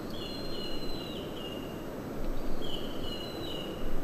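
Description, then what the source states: Eurasian jay giving drawn-out whistled notes, each holding steady then dipping slightly, two phrases over a continuous low rumble. Several individuals calling from the same spot; a 'pii' whistle, not a constant call of the species and possibly not simple mimicry.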